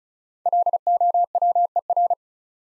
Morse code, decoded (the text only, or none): LOWER